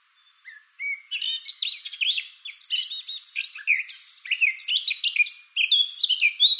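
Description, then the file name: Eurasian blackcap song: a fast, continuous warble of scratchy and clear high notes, jumping up and down in pitch for about six seconds, with no other sounds. "Sylvia atricapilla"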